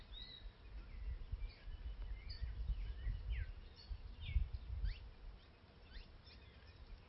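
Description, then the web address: Great kiskadee calls: a scattered series of short, downward-sweeping chirps over low rumbling background noise. "aves cristofue"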